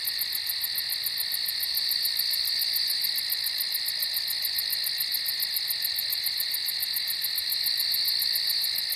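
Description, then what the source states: Crickets chirping in a dense, continuous chorus: steady high-pitched trilling with a rapid pulsing band above it, unbroken throughout, with no other clear sounds. Several crickets at night on a farm.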